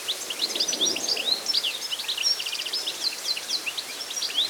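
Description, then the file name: Steady European goldfinch twitter, quick tinkling chirps and rolling trills running without a break throughout. "Carduelis carduelis"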